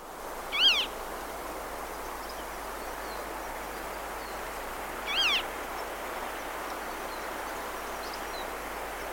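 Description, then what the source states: Marsh harrier display calls, two high mewing, wavering notes several seconds apart, over a steady hiss. Given during display.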